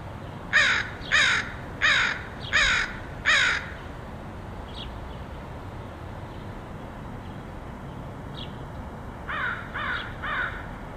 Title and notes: Dronecast: Crows of Portland. Crows recorded by Dan Bodah in Portland, OR, August 2003